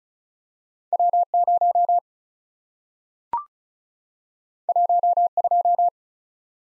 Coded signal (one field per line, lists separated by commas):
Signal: Morse code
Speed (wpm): 36 wpm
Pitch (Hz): 700 Hz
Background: none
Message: W 0 1 2